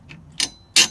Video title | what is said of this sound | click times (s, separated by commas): Hotelement Adventures - Van Build Update: How to install a Swagman 2 Bike Rack? | can lower it and you can hear it clicking hear that | 0.1 s, 0.4 s, 0.8 s